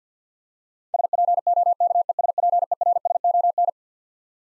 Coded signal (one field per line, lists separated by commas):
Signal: Morse code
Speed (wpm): 50 wpm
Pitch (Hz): 700 Hz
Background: none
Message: SPOKESPERSON